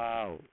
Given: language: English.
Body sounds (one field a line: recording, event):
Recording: throat vibration sensor signal played as sound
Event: speech